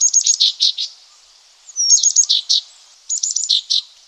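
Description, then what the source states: Green-backed tit producing three bright phrases of rapid high ticks ending in buzzy chirps, separated by short quiet gaps. Local name gelatik batu.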